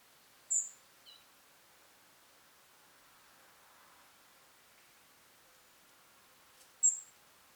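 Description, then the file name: European robin calls: two thin, very high piercing notes several seconds apart, with a faint softer chirp between them over a quiet background. "Erithacus rubecula"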